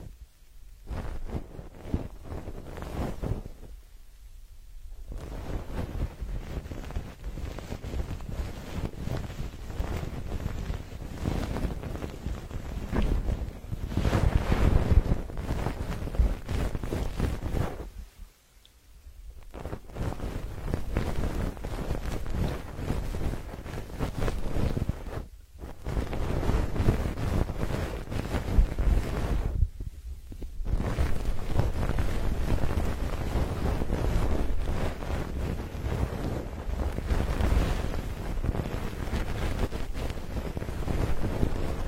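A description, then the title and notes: Goose feathers rub and press right against the ear, producing a close, muffled rushing roar heavy in the lows, like wind buffeting a microphone. The scratchy noise is dense and continuous, broken by brief near-silent gaps around 4, 18, 25 and 30 seconds. Goose feather plugs in the ears.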